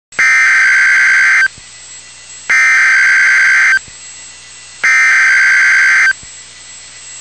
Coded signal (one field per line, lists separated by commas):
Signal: Emergency Alert System (SAME) tones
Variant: header bursts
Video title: Real NOAA Weather Radio EAS Alert #120